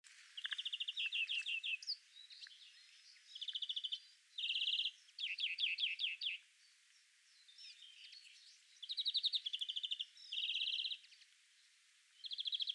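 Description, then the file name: European greenfinch singing a series of rapid twittering trills and rolling rattles that switch between pitches, with a few brief pauses between phrases. "Chloris chloris"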